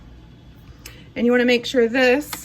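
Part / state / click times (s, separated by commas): portafilter into espresso machine group head / seated / 0.9 s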